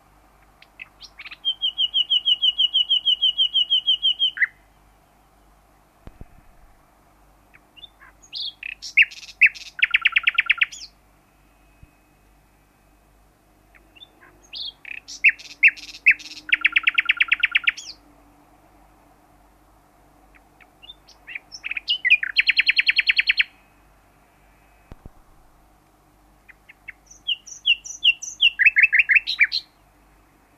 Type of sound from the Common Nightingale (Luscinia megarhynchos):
social call